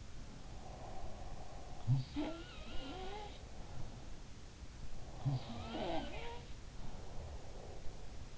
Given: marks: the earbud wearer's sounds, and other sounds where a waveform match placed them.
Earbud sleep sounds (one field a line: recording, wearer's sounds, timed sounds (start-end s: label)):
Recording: sounds in sleep by an in-ear microphone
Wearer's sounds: breath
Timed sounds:
0.00-0.65 s: sound from someone else or the room
0.49-3.60 s: breath
1.56-4.42 s: sound from someone else or the room
4.90-7.54 s: sound from someone else or the room
4.90-8.38 s: breath